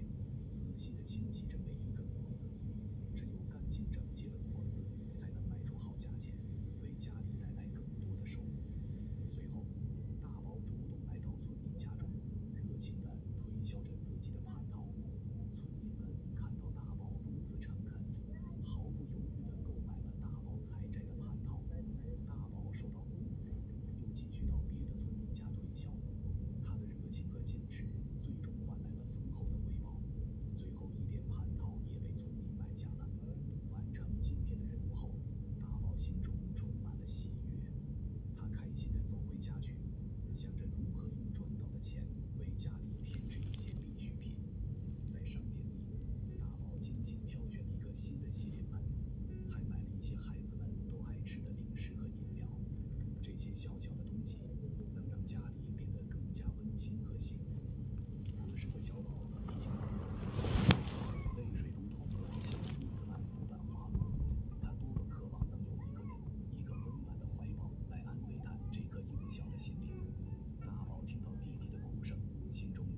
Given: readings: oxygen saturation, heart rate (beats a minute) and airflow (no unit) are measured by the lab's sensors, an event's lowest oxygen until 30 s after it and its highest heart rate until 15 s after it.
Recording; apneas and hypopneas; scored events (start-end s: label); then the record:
a person awake in a sleep study, by a smartphone at the bedside; none
0.00-72.97 s: awake
From the record:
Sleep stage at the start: awake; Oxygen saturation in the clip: 94 to 96%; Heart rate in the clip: 66 to 81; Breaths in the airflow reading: 14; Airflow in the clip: -4.4 to 5.3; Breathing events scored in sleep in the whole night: 131 in 7.2 hours asleep